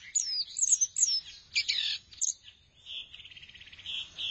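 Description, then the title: Thrush song: quick high whistled notes and squeaky phrases, ending in a buzzy rattling trill that wavers for the last second and a half. "burung anis"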